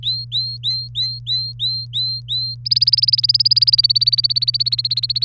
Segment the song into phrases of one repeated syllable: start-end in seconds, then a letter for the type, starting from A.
0.03-2.55 A, 2.65-5.25 B